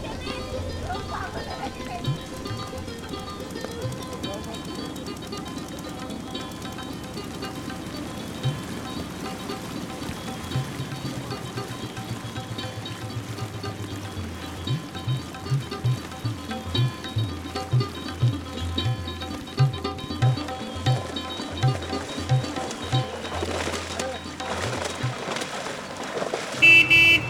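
A day's street ambience from Kolkata, India: a steady low hum and rumble with faint voices and a soft patter like rain. Around the middle, a regular low thumping pulse appears, and the last seconds grow louder with sharper bursts and a brief high tone.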